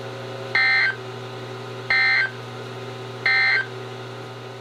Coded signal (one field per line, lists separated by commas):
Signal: Emergency Alert System (SAME) tones